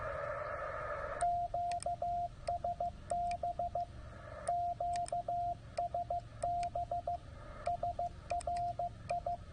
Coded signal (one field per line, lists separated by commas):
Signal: Morse code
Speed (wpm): 15 wpm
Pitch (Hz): 700 Hz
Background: radio noise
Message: QSB QSB SRI